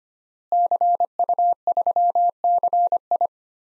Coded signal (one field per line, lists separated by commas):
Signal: Morse code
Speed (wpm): 25 wpm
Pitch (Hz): 700 Hz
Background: none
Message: CU3CI